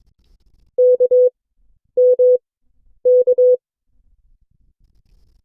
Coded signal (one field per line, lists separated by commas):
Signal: Morse code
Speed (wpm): 22 wpm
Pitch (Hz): 500 Hz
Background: none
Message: K M K